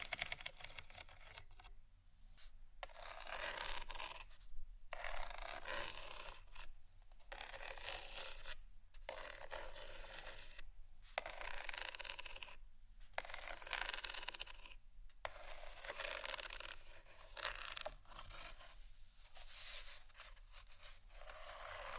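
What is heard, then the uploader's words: Scratching across a textured surface, in rough, gritty strokes lasting a second or two each, separated by short pauses. About ten strokes come at a fairly regular pace, bright and hissy, over a faint steady low hum underneath. Textures Scratching & Tapping.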